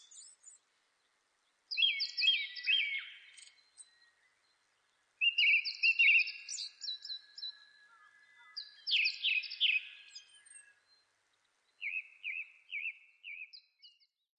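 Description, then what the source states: Japanese thrush delivering a series of varied phrases, rich warbles and whistles, with silences between, ending with a quick run of repeated sharp notes. Recorded 26 April 2006.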